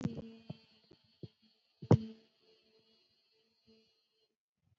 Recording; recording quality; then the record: sustained vowel as in beet; moderate, slight background noise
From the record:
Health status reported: recovered from COVID-19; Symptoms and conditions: cough, cold, fatigue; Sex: female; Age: 20 years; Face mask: worn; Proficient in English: yes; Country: India